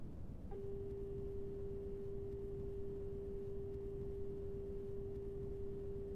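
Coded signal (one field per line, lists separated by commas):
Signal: telephone call progress tone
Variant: Japan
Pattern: dial tone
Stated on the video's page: Distorted dial tone used in the theme at the start of the episode.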